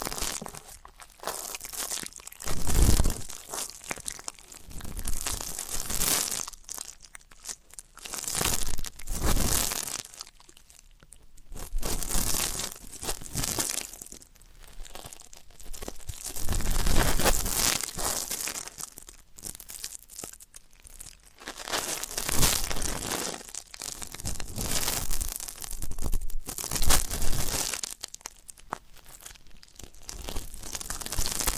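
Deep ear canal and eardrum cleaning: bursts of crackly, crinkling scratching swell and fade every few seconds, with brief muffled thumps between.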